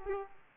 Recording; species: mosquito wingbeat signal from an infrared sensor; Aedes aegypti